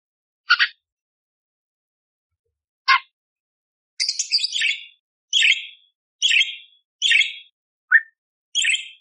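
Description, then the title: Budgerigar chatter: two isolated sharp chirps, then a scratchy burst followed by a run of short harsh chirps less than a second apart. Lively, clear budgerigar song used to tutor songbirds, full of rough 'tembakan' shot-style phrases, suited for magpie-robins; long one-hour recording. "Masteran Burung Parkit Gacor Jernih Isian Tembakan Kasar Cocok Buat Kacer"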